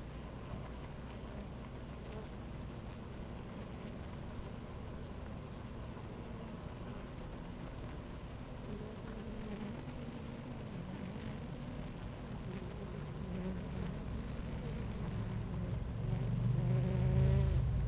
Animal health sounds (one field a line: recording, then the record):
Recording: honeybee colony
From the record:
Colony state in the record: active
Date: 28 July 2017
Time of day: 11:54